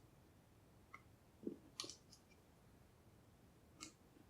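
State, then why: Seated. During reassembly of a Rock Island Armory Armscor 1911 pistol, the takedown cam is rotated back to the front of the frame until it locks in place. A few light metallic taps come first, then a sharp metallic click at 1.8 s with a quick follow-up tick. A softer tap sounds near 3.8 s, and the cam is confirmed locked in place.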